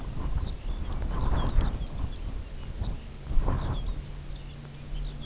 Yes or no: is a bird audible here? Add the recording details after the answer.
yes. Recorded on Arctic tundra, site UTQI-0, on 16 June 2019. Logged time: 20:00